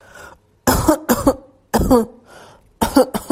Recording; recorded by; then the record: voluntary cough; messaging app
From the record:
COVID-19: negative